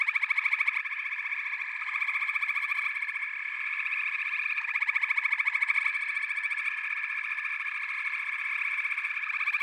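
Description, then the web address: Chorus of many frogs producing fast, overlapping pulsed trills that form a constant shimmering drone with small surges. A chorus of frogs calling together. "Echoes of Nature - Frog Chorus"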